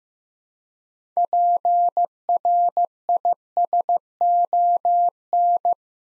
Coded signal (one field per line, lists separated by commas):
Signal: Morse code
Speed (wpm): 15 wpm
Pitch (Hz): 700 Hz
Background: none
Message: PRISON